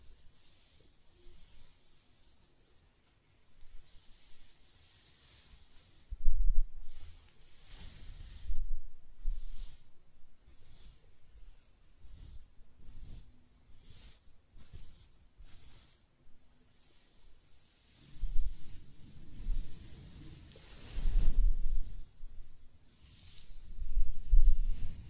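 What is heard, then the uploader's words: Hair sounds: bursts of scratching and brushing rustle, bright and airy with a soft low rumble, as fingers or a brush move through hair. Strokes come in uneven clusters, loudest around 6–9, 18–22 and 24 seconds, with quiet pauses between. ASMR Close-Up Hair Sounds - Scratching, Brushing, Stroking (No Talking).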